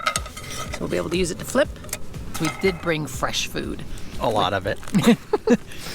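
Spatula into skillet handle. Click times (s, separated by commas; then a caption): 0.1 s, 0.2 s. A small plastic spatula is pressed into its storage slot in the folding handle of a Jetboil 8-inch Summit ceramic skillet. It snaps in with two short, sharp clicks at 0.1 s and 0.2 s, and the spatula is seated in the handle. Someone then talks for the rest of the clip.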